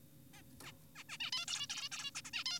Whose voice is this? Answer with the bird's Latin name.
Taeniopygia guttata